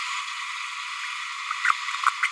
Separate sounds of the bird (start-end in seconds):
1.64-1.72, 2.22-2.28